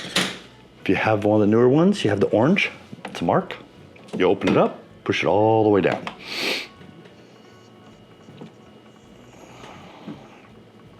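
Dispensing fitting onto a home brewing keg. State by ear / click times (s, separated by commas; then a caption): not seated / none. A dispensing fitting is handled onto a home brewing keg on an iGulu F1 home brewing system while someone talks, with a sharp tap near the start and light handling noise after the speech ends. The fitting is opened and pushed all the way down, but the clip ends before it locks in place. Nothing has seated or clicked yet.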